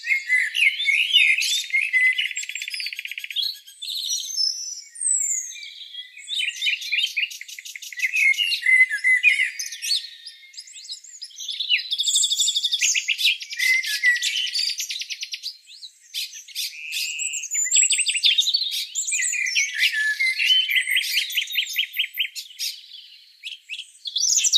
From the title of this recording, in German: Vogelgezwitscher zum Aufwachen